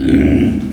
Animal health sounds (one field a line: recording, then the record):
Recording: squeal of a Yucatan mini pig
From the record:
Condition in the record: after surgery on the right vocal fold (resection and tissue-engineered implant)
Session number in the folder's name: 1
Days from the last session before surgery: 13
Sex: female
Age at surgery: 19 weeks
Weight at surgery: 25 kg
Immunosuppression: prednisolone